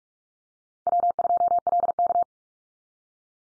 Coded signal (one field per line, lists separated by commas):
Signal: Morse code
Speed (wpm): 44 wpm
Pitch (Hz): 700 Hz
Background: none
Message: W2LK